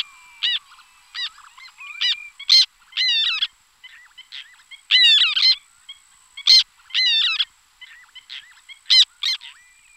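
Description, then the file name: Whiskered tern giving harsh rasping calls in short bursts, some single and some stuttered in quick series, separated by brief pauses; a steady high tone runs underneath. "mignattino"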